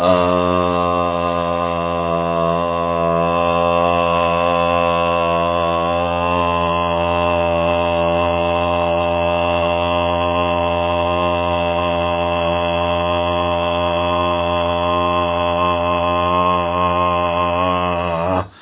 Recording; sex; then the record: sustained vowel /a/; male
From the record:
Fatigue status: no fatigue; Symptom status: symptomatic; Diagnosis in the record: COVID-19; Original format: 3gp